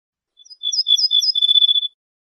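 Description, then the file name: Ortolan bunting phrase of short high chips running into an even, rapid trill that lasts about a second, with nothing else audible. "suara kicauan ortolan"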